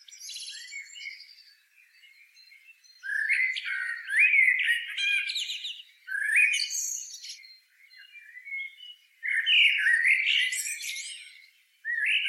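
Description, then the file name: Eurasian blackbird delivering separate song phrases every few seconds, each a low warble ending in a high, scratchy squeak, with quiet gaps between. "Turdus merula"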